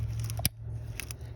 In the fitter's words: but make sure that you hear this click